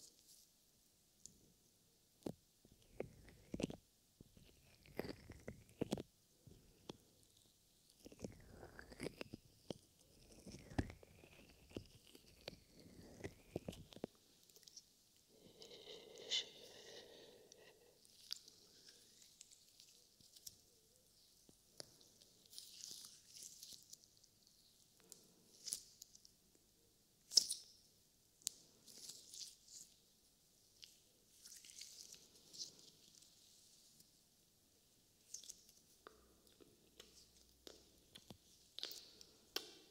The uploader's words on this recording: ASMR SQUISH BINAURAL SOUNDS SLIME.